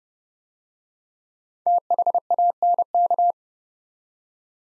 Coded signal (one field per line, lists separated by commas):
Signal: Morse code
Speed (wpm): 29 wpm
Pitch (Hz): 700 Hz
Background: none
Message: THANK